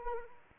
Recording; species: mosquito wingbeat signal from an infrared sensor; Anopheles arabiensis